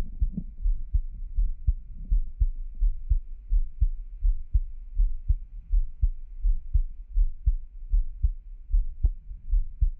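Soft, steady low thumps of an adult heartbeat, about 82 beats a minute, heard close up.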